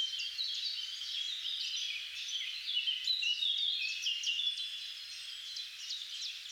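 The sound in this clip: Birds singing in a dense chorus, many overlapping high chirps and short twittering notes running continuously with no pauses.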